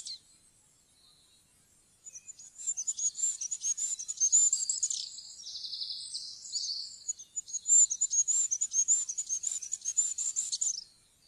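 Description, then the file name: Goldcrest song: two long runs of very high, thin, rapidly repeated notes, the first ending in a lower twittering flourish. "fuglekonge"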